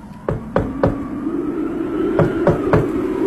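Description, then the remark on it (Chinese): Two quick sets of three sharp knocks on the wooden door of a house, with winter plum blossoms over its wall, separated by a short pause, over a steady low hum. “好，我来敲门。”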